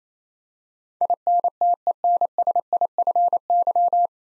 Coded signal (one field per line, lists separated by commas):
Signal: Morse code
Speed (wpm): 27 wpm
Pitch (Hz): 700 Hz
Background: none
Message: INTENSIFY